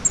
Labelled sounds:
Grace's Warbler flight call

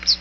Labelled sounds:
Chestnut-sided Warbler flight call

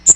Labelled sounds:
Magnolia Warbler flight call

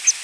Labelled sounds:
Palm Warbler flight call

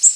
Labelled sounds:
Golden-winged Warbler flight call

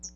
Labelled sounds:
Hooded Warbler flight call

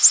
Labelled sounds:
Black-and-white Warbler flight call

